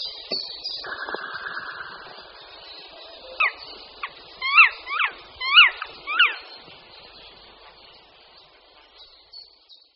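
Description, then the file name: Black woodpecker calls: four loud, bent notes in quick succession midway, after a soft drawn-out note, with faint high bird chatter behind. "Datel-černý"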